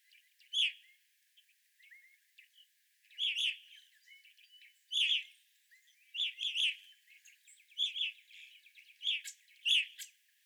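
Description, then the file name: Evening grosbeak calls, sharp chirps in several separate clusters, with a few softer notes between them and quiet gaps. Several evening grosbeaks, recorded 25 April 2021. "2021-04-25 Evening Grosbeaks"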